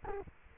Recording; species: mosquito wingbeat signal from an infrared sensor; Culex quinquefasciatus